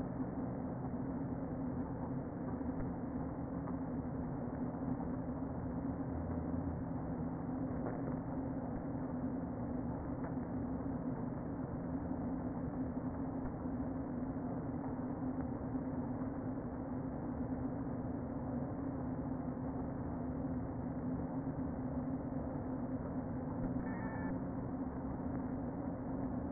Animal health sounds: honeybee colony, microphone inside the hive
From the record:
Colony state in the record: queen present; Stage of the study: before two queens were removed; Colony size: about 60,000 bees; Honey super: yes

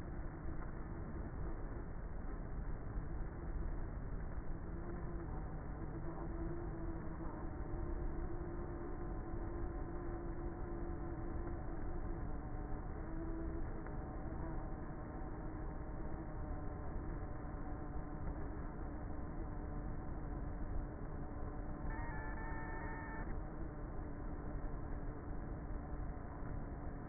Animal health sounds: honeybee colony, microphone inside the hive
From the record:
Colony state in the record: queenless with a low population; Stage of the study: before two queens were removed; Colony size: about 30,000 bees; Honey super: no

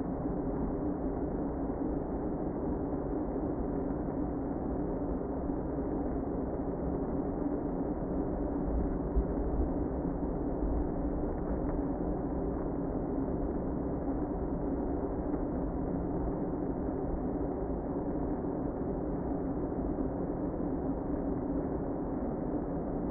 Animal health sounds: honeybee colony, microphone inside the hive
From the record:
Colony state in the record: queen present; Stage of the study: before two queens were removed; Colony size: about 60,000 bees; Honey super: yes

